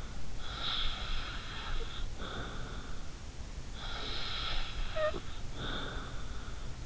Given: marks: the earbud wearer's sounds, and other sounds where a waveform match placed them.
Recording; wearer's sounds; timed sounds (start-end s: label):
sounds in sleep by an in-ear microphone; snoring breath
0.41-3.05 s: snoring breath
3.65-6.58 s: snoring breath